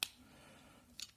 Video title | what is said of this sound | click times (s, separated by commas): AMIBOT ANIMAL ERREUR E23 APRES SAUTS ARRIÈRES | faut juste le clipser dessus ça se clipse | 0.0 s, 1.0 s